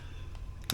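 A partly crimped butt connector sits in the jaw of a Klein Tools ratcheting crimper, and the ratchet is released so the connector can come back out. Over a low, steady hum, two faint ticks at 0.4 and 0.6 seconds lead into a single sharp release click at 0.7 seconds, leaving the ratchet released.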